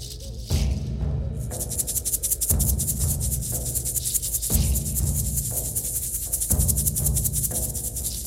Heartbeat.